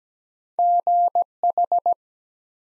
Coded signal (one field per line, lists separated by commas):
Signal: Morse code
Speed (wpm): 17 wpm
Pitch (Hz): 700 Hz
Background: none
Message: GH